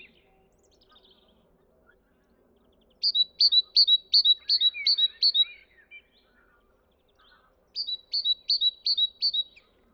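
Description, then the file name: Great tit with two bursts of sharp paired high notes, several repeats in each, separated by a pause. "Parus major"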